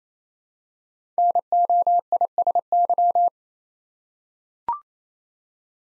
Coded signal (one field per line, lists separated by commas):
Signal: Morse code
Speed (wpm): 27 wpm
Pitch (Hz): 700 Hz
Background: none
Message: NOISY